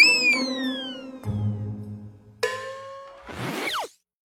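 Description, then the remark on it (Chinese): Cartoonish punch sound effect as the character Duanmu Cui throws a punch without a second thought: ringing, downward-sliding tones give way to a low thud, then a sharp clanging hit with a metallic ring and a final noisy swoosh, with no talking. “所以端木翠想都不想，一拳挥了过去。”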